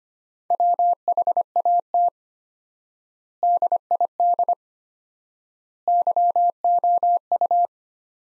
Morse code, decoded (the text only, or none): WHAT DID YOU